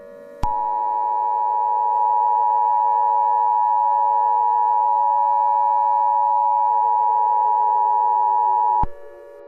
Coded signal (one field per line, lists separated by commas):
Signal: Emergency Alert System (SAME) tones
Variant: 853 and 960 Hz attention tone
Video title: The Halloween Entities (EAS Scenario) Part 1